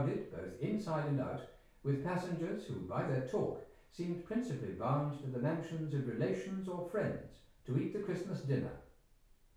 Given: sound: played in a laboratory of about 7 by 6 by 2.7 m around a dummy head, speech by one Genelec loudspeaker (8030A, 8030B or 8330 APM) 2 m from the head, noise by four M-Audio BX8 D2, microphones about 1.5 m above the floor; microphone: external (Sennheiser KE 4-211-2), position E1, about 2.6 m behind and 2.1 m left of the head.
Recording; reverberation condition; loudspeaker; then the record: male speech in English; medium; behind (180 degrees)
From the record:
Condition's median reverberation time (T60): about 510 ms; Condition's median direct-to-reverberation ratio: about -0.5 dB